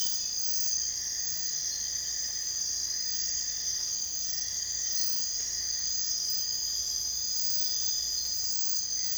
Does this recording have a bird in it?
no